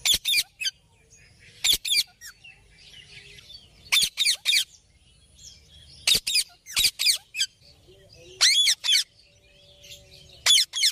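Bird giving loud, grating double and triple squawks, repeated at irregular intervals, with short quiet gaps between them.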